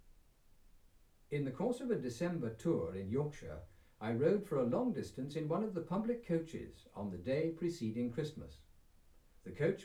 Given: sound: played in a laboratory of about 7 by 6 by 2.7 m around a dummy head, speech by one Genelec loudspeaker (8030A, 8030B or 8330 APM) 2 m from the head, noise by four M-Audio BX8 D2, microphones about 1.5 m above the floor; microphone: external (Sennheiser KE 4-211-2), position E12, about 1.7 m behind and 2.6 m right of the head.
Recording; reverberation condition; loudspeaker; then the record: male speech in English; low; 60 degrees to the left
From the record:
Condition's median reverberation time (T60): about 310 ms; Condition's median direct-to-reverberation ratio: about 3.5 dB